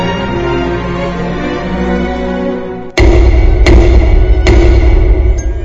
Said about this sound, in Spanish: En toda la ciudad no se escuchaba un solo ruido. Solo en la cabina de combustible se escuchó que alguien llamó a la puerta.